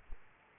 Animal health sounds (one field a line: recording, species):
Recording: mosquito wingbeat signal from an infrared sensor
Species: Aedes aegypti